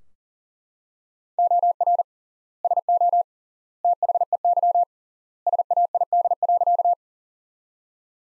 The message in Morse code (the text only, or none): OR SO THEY SAID.